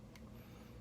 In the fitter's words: then once you put the lens back in it just locks in place they don't go anywhere you have to push that button again so it's